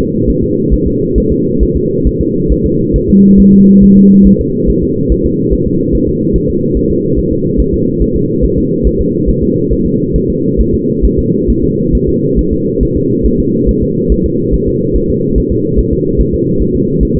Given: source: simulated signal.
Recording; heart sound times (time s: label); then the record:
fetal heart sounds
0.00 s: S2
0.30 s: S1
0.44 s: S2
0.74 s: S1
0.87 s: S2
1.18 s: S1
1.32 s: S2
1.63 s: S1
1.77 s: S2
2.07 s: S1
2.21 s: S2
2.52 s: S1
2.66 s: S2
2.96 s: S1
3.10 s: S2
3.40 s: S1
3.54 s: S2
3.84 s: S1
3.97 s: S2
4.27 s: S1
4.41 s: S2
4.70 s: S1
4.84 s: S2
5.12 s: S1
5.26 s: S2
5.54 s: S1
5.67 s: S2
5.95 s: S1
6.09 s: S2
6.36 s: S1
6.50 s: S2
6.77 s: S1
6.91 s: S2
7.19 s: S1
7.33 s: S2
7.60 s: S1
7.74 s: S2
8.02 s: S1
8.16 s: S2
8.45 s: S1
8.58 s: S2
8.87 s: S1
9.01 s: S2
9.29 s: S1
9.43 s: S2
9.73 s: S1
9.86 s: S2
10.16 s: S1
10.30 s: S2
10.61 s: S1
10.75 s: S2
11.05 s: S1
11.19 s: S2
11.50 s: S1
11.64 s: S2
11.95 s: S1
12.09 s: S2
12.39 s: S1
12.53 s: S2
12.83 s: S1
12.97 s: S2
13.26 s: S1
13.40 s: S2
13.69 s: S1
13.83 s: S2
14.12 s: S1
14.26 s: S2
14.54 s: S1
14.68 s: S2
14.96 s: S1
15.10 s: S2
15.38 s: S1
15.52 s: S2
15.79 s: S1
15.93 s: S2
16.21 s: S1
16.34 s: S2
16.62 s: S1
16.76 s: S2
17.03 s: S1
17.17 s: S2
From the record:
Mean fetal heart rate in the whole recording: 140 bpm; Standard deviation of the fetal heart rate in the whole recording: 2 bpm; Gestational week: 34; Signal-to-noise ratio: -11.2 dB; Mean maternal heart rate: 72 bpm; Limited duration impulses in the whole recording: present